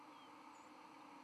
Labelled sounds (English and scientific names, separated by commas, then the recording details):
White-throated Sparrow (Zonotrichia albicollis) flight call
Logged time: 08:27 on 31 October 2014